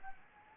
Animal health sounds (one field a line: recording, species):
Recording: mosquito wingbeat signal from an infrared sensor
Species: Anopheles arabiensis